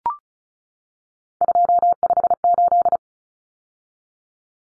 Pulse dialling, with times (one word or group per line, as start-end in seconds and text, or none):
none